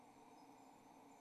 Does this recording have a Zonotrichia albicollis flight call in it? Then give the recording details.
no. No flight call is heard. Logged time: 06:32 on 28 November 2014